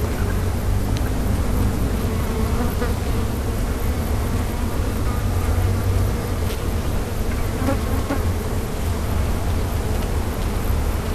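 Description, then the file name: Bees buzzing as a steady, dense drone, faint humming tones over a heavy low rumble that persists throughout. "abeilles"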